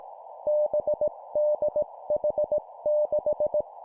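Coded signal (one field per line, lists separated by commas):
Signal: Morse code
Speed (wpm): 18 wpm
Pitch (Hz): 600 Hz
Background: none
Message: BDH6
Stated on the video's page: 17 wpm Morse course drill of four-character groups: three letters and a number.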